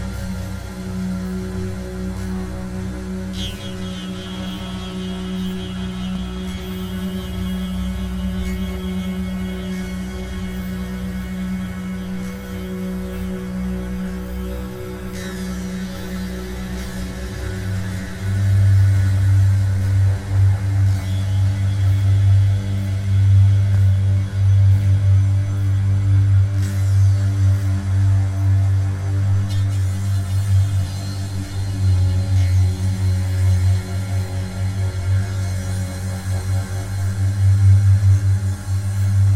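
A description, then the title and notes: Deep bass drones hum steadily inside a hazy wash of reverb. For the first eighteen seconds a tone sits slightly higher, then the drone drops lower and swells louder, throbbing with a slow pulse. Faint airy hiss and brief brighter washes drift above throughout. Stonking Bass Drones In A Swirly Cloud Of Reverb.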